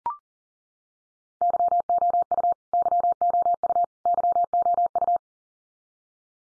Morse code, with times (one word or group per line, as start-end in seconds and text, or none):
1.4-2.5 YOU
2.7-3.8 YOU
4.1-5.2 YOU